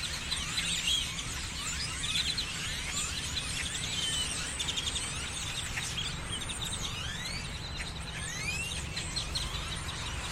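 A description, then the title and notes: Birds perched on electrical lines keep up a dense, overlapping chatter of chirps, whistles and rising slurred calls, with no real pauses across the ten seconds. Beneath them runs a steady low rumble and hum that stays constant throughout. Birds on electrical lines - Binaural field recording, Austin, Texas. This is a binaural audio recording.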